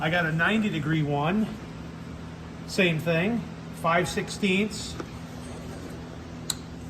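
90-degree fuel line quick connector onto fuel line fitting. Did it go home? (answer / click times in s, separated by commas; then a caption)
yes / 6.5 s. A 90-degree 5/16 fuel line quick connector is snapped onto its fuel line fitting while someone talks over a steady background hum. A single sharp click at 6.5 s marks the connector seating, though only sort of cleanly.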